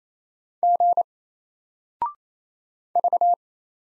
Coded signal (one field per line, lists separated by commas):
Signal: Morse code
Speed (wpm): 27 wpm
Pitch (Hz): 700 Hz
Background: none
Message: G V